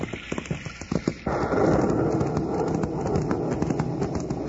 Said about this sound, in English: Doggone, Bill. The minute we get back in the United States, it starts to rain.